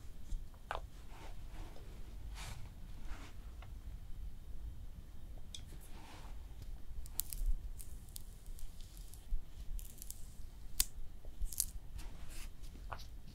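Hand massage and nail care sounds: soft squishing and rubbing over a steady low rumble, broken by irregular crackles and short, sharp taps. The taps come every second or so, with a cluster of bright clicks near the end.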